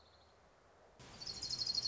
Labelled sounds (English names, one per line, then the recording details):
Orange-crowned Warbler
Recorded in Sonoma County, California